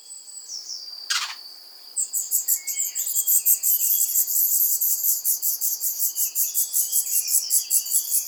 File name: jeunes rougequeues noirs au nid accueillant un adulte venant les nourrir